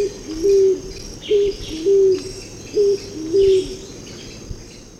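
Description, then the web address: Scaled pigeon gives five low, level cooing notes at irregular intervals, each under half a second, over a constant high insect drone. Ecuador. "Birds of Ecuador. Scaled Pigeon"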